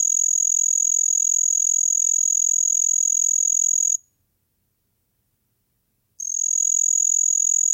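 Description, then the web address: Say's trig song, a high, thin, rapidly pulsed trill that runs for about four seconds, stops for two, then resumes. "The Songs of Insects. Say's Trig"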